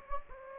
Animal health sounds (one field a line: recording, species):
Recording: mosquito wingbeat signal from an infrared sensor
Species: Anopheles gambiae